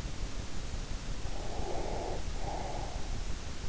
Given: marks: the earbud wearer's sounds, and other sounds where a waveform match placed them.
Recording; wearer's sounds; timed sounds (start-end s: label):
sounds in sleep by an in-ear microphone; breath
1.24-3.08 s: breath